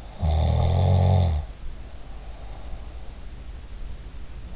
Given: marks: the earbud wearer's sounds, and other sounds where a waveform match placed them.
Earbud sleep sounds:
sounds in sleep by an in-ear microphone; snoring breath
0.07-3.00 s: snoring breath

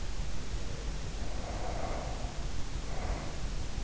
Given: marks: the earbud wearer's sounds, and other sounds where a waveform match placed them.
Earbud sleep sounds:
sounds in sleep by an in-ear microphone; breath
0.31-3.77 s: sound from someone else or the room
1.03-3.77 s: breath

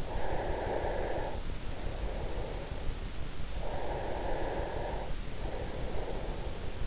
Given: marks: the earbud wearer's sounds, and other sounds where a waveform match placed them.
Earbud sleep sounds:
sounds in sleep by an in-ear microphone; breath
0.25-2.88 s: breath
3.34-6.87 s: breath

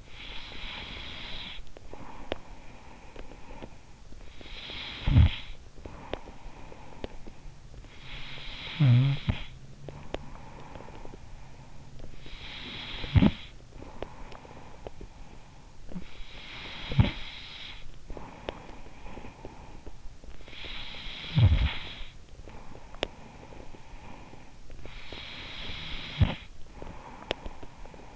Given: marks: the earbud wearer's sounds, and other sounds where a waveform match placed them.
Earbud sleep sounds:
sounds in sleep by an in-ear microphone; breath, snoring breath
0.00-4.02 s: breath
4.02-28.16 s: snoring breath

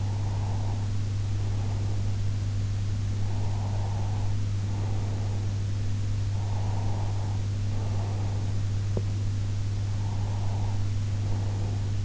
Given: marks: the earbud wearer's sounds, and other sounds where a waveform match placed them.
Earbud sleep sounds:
sounds in sleep by an in-ear microphone; breath
0.00-2.20 s: breath
3.14-5.69 s: breath
6.46-8.60 s: breath
9.86-12.05 s: breath

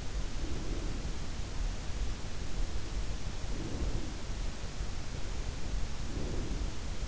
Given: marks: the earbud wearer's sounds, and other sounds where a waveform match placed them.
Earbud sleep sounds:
sounds in sleep by an in-ear microphone; breath
0.21-1.50 s: breath
3.24-4.47 s: breath
5.99-6.88 s: breath

